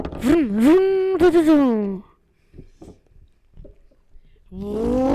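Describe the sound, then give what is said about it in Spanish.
A voice mimics a car engine starting: a buzzy, revving hum that rises and wavers for about two seconds, then a quiet stretch with faint clicks before the humming resumes. “Amigo, vamos a robar en el auto, subite.”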